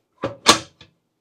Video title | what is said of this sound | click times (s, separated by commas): Ninja Crispi Pro Review And Demo | until it click. | 0.5 s